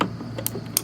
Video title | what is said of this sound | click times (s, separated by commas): Revealing 9 out of 10 vintage sewing machines! Part 1! Part 2 with final machine coming soon! | boom it'll pop off and then | 0.8 s